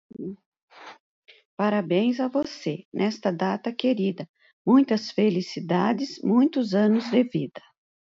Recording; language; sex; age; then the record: short text; Brazilian Portuguese; female; 50 to 59 years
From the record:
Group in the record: control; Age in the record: 55 years